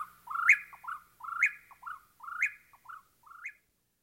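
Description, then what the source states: Whip-poor-will song: burry, rasping phrases rising to a harsh buzz, about four phrases, the last one softer and trailing off. Whip-poor-will in dry woodlands of the southwest, singing a rough and burry song.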